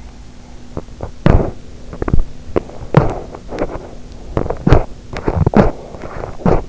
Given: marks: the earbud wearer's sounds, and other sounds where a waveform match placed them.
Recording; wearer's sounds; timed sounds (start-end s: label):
sounds in sleep by an in-ear microphone; teeth grinding
0.63-6.69 s: teeth grinding